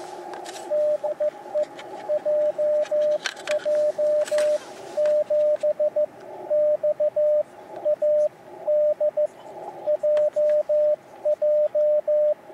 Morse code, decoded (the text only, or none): DE JJ7XAD JJ